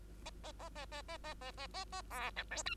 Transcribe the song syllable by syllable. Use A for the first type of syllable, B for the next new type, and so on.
A A A A A A A A A A A B C D E